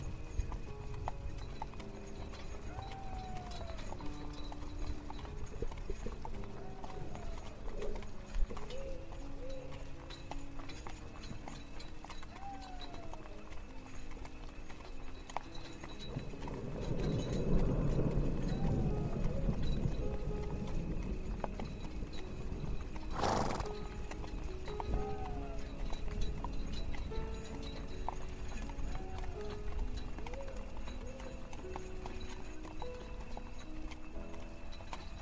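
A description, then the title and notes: A horse-drawn carriage rolls along with a steady clip-clop of hooves over a low, constant rumble of wheels. Soft, distant classical music plays throughout. Around the middle the rumble swells louder for a few seconds, and a single sharp crack sounds shortly after. Carriage ride through the woods on the way to the castle. Classical music played from faraway. Carriage/ horse snort.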